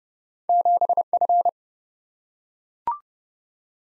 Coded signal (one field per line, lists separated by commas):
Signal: Morse code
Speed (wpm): 30 wpm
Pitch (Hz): 700 Hz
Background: none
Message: 7F